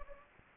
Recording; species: mosquito wingbeat signal from an infrared sensor; Anopheles gambiae